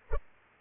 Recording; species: mosquito wingbeat signal from an infrared sensor; Culex pipiens